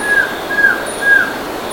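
Bird calls: three thin, level whistled notes, each briefly dipping at the end, evenly spaced over constant background hiss.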